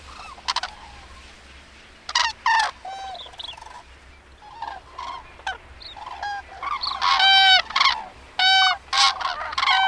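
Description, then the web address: Common crane trumpeting calls, loud harmonic rolling notes from several birds, scattered at first then bunching into a dense overlapping burst near the end. "Madardalok Cd 3. Daru"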